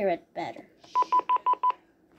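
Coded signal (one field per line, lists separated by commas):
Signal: none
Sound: answering machine beeps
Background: speech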